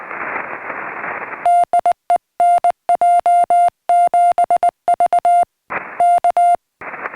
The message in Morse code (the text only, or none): DE NJ7V K